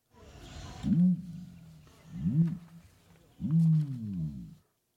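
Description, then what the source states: Ostrich warning call: three deep booming hoots, each about a second long, in slow succession. Male; very low-frequency warning call audible for kilometers, used to communicate in harsh, open landscapes.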